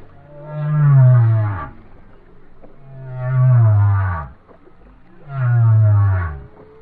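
Whale song: three deep, rumbling moans with rich overtones, each swelling and fading over about a second and a half, repeated every two to three seconds.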